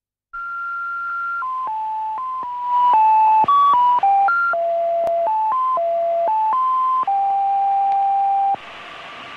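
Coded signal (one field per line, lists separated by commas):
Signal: numbers station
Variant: G16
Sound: a run of about fifteen steady electronic tones, each holding briefly before jumping pitch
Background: radio hiss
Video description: Characteristics: Electric tones, Female voice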